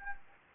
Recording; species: mosquito wingbeat signal from an infrared sensor; Anopheles gambiae